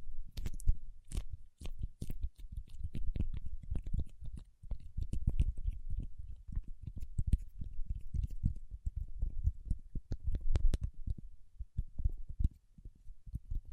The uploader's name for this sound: Paraffin Wax Peeling, Tapping and Scratching